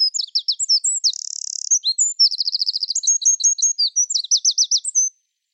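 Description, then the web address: Bird song of varied high chirps and whistles, a long buzzy trill early on, then rapid repeated notes and sharp clipped phrases, no other sounds. "Deverinetal 2025 File origin Bird Only"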